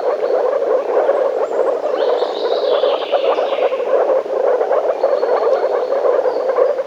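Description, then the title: Frogs croaking in a dense, continuous chorus of rapid low rattling calls, with faint high whistled sweeps drifting above. Frogs calling in a forest. "лягушки (frogs in the forest)"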